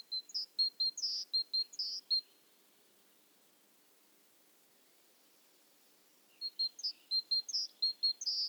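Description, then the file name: Great tit calls: two bursts of high, sharp notes, steady pips alternating with brighter slurred upswept notes, separated by several seconds of near silence. "Parus major"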